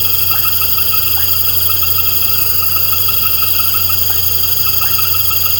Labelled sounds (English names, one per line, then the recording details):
none
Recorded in pastures near Puerto Asís, Putumayo, Colombia, on 13 March 2025 at 19:30
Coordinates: 0.466, -76.322
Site CSA-02